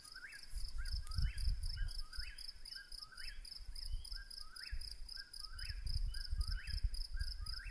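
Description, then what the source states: Eastern whip-poor-will singing rapid, rising whistled phrases in an unbroken series, over constant insect chirring and low rumbling noise. Several birds recorded at night.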